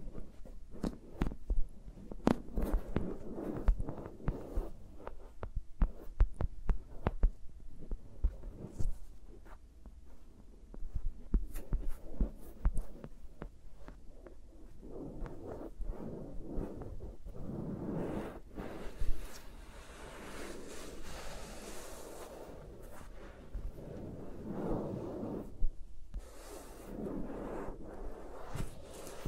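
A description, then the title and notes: No-talking ASMR with microphones around the fingers: soft muffled rubbing and thumping, full of low rumble, with frequent sharp taps and clicks, thickest in the first ten seconds. Later the rubbing turns into broader swishing swells that rise and fall every few seconds. ASMR with Mics Around My Fingers (No Talking).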